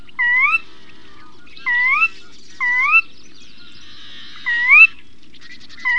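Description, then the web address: Sora call, a run of five upslurred whistles, with faint buzzy chatter underneath. Recorded in WA. "timbillo bird songs of WA calls sora"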